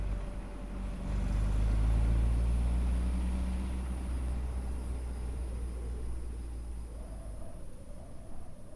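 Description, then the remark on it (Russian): A convertible car rolls along slowly, its engine a low, steady rumble under broad wind and road noise, swelling slightly early on before settling into an even drone. “Каприолет не спеша продолжает свой путь.”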